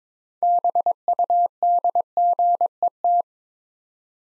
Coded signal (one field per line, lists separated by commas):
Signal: Morse code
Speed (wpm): 22 wpm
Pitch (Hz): 700 Hz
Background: none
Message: BUDGET